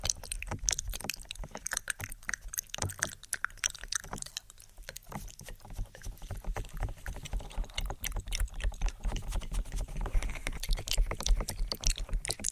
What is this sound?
Inaudible Whispering & Ear Tapping